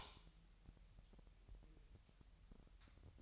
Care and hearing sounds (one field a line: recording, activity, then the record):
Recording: daily activity, microphone in the room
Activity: light on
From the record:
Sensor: 3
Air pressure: 1001.9 hPa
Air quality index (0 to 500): 249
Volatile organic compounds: 52 ppm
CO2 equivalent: 3317 ppm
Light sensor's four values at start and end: 5/13/5/5 and 13/36/15/14